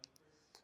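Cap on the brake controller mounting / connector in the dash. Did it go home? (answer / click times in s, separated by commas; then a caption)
yes / 0.0 s. A cap on the trailer brake controller mounting connector in the dash of a 2019 Subaru, installed with an etrailer Universal Installation Kit, is pushed back in after the mounting bracket is bolted in place. A sharp click at 0.0 s (about 0.04 s) shows the cap seating, followed by fainter clicks at about 0.2 s and 0.6 s. The click confirms there is enough clearance for the cap to work properly.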